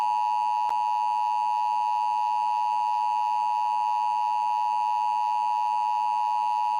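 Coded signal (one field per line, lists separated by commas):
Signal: Emergency Alert System (SAME) tones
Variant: 853 and 960 Hz attention tone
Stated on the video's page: Monthly test on a PBS Kids TV subchannel.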